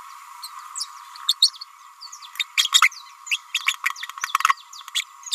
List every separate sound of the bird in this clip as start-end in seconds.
0.42-0.48, 1.28-1.36, 1.41-1.51, 2.57-2.70, 2.82-2.89, 3.31-3.39, 3.85-3.90, 4.95-5.04